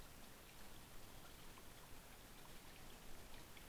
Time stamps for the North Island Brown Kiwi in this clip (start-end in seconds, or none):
none